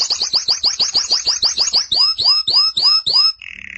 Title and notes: BM Suara Kenari. BM Suara Burung Kenari